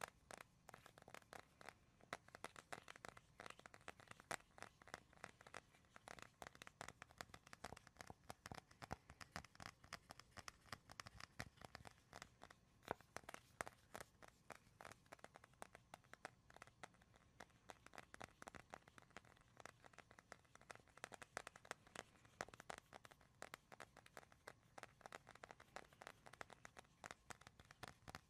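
Tapping and scratching on wood, cork and cardboard, with no talking. Dense, irregular clicks and taps run steadily for the whole clip, sharp and bright, with brief scratchy crinkling between them and a quiet hiss underneath.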